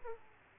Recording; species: mosquito wingbeat signal from an infrared sensor; Aedes aegypti